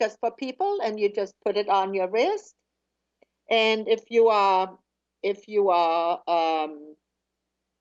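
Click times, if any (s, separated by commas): none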